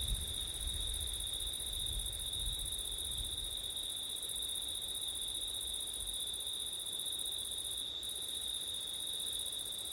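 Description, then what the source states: Crickets give a continuous high trill; a low wind rumble fills the first few seconds, then fades to leave the chorus alone. Crickets singing on a September night, with wind; recorded with ortif setup.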